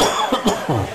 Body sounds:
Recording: coughing mixed with background sound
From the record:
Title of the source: Spring Allergy Coughing

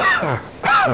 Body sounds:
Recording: coughing mixed with background sound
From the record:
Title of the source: Heavy cold and sore throat coughing.

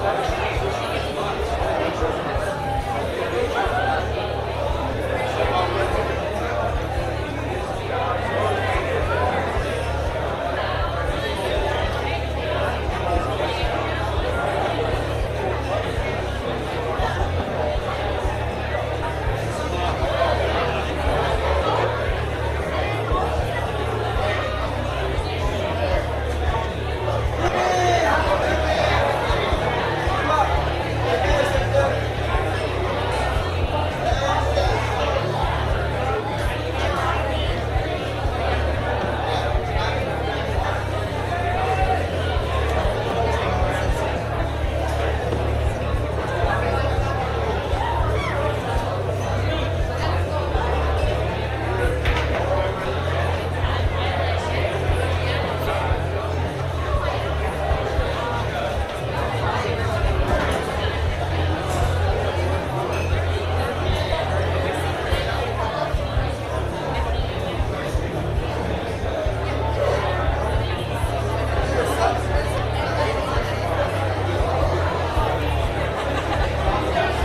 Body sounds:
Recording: background sound without coughing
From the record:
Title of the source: CITY SOUNDS Busy Bar in the Evening Night - 2 HOURS of Ambiance for Relaxation

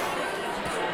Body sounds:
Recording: coughing mixed with background sound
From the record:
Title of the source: Coughing 79

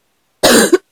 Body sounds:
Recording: coughing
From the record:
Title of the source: 60 coughing still (deep and wet cough)

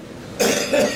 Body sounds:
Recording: coughing mixed with background sound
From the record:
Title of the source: Spring Cold Coughing 3

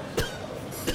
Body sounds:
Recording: coughing mixed with background sound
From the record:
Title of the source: Coughing 51

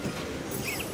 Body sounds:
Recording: coughing mixed with background sound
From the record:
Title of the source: Dry Coughing Fit in the Afternoon.

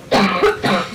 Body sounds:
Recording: coughing mixed with background sound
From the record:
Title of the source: Barking cough - # 10

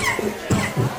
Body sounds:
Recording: coughing mixed with background sound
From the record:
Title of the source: Mid-morning Winter Coughing Fit

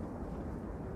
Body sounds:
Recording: background sound without coughing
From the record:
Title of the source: Train Ride Ambience ambient white noise for sleeping, focus, studying, reading

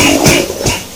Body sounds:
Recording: coughing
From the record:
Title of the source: Spring Cold Coughing 2

